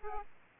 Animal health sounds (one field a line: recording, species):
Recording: mosquito wingbeat signal from an infrared sensor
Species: Aedes aegypti